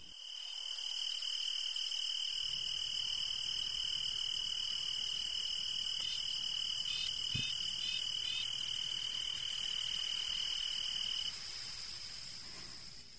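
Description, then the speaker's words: Pine tree cricket song: a continuous, steady high trill holding one pitch for about eleven seconds. Trill recorded in Wellfleet, Cape Cod; species lives in pine trees; red-breasted nuthatch calling in background. "I have another song here by the pine tree cricket."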